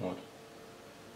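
The bail arm of an Okuma RTX ultralight spinning reel, bought in 2017, is handled before it closes. Someone talks briefly at the start, followed by a low, steady background hiss. Nothing has clicked or locked yet.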